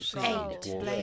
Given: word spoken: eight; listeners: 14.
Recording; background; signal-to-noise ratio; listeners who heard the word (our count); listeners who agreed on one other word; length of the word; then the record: one English word in noise, from a listening test; four-talker babble; 0.0 dB; 3 of 14; 8 of 14; 0.62 s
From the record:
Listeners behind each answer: 8, 3, 1, 1, 1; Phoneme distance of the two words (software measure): 10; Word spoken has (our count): 1 syllable, 2 phonemes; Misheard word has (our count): 1 syllable, 2 phonemes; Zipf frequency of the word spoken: 5.22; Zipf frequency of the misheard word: 4.20